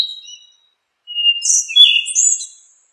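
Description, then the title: Thrush song: a thin high whistle, a pause, then a longer phrase that opens with a clear whistle and breaks into rapid, bright, twittering notes; no other sounds. "Familia Turdidae - Sabia"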